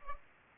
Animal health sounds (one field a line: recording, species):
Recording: mosquito wingbeat signal from an infrared sensor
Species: Culex pipiens